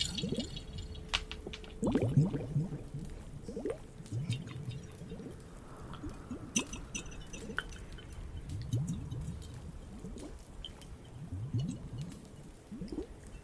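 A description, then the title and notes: Icy globes and a glass beaker are handled in water, with low sloshing swirls returning every second or two. Sharp little clicks and taps of glass ring out throughout, busiest around two and six seconds, over a quiet, steady background. Icy Globes and Glass Beaker Water Sounds ASMR. With Tapping.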